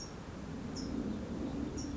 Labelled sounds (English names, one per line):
California Towhee